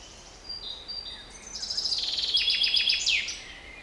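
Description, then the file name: Common chaffinch song, one phrase opening with thin high notes, then a rapid descending series of chipping notes finishing with an emphatic terminal flourish. "Fringilla coelebs"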